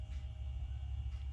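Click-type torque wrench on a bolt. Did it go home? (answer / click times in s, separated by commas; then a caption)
no / none. A quarter-inch click-type torque wrench, set near the bottom of its scale, is pulled on a 5/16-18 bolt. Only a steady low rumble and hum are heard, with no sharp sounds. The wrench has not clicked yet, since at the low end of its scale the click is not very audible.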